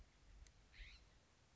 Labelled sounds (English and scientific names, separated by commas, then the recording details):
California Scrub-Jay (Aphelocoma californica)
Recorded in Sonoma County, California